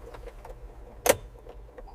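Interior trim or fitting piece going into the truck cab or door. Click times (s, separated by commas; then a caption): 1.1 s. During truck interior reassembly, after the door panel is fitted, an interior trim or fitting piece is pushed firmly home into the cab or door. Over a low, steady background hum with a few faint taps, one sharp, bright click rings out at 1.1 s. The piece is confirmed seated properly.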